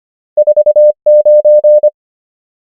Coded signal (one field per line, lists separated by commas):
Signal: Morse code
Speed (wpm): 25 wpm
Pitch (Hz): 600 Hz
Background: none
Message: 4 9